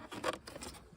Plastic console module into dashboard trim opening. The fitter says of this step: so we're gonna stick it in and make sure it clicks there you go